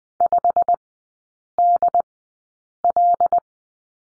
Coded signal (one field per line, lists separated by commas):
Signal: Morse code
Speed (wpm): 20 wpm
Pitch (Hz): 700 Hz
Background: none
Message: 5DL